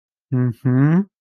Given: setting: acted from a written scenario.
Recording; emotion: vocal sound without words; romantic love